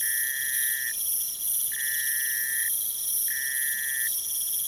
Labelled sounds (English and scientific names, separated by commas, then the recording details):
none
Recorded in pastures near Puerto Asís, Putumayo, Colombia, on 22 June 2025 at 04:30
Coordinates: 0.486, -76.323
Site H29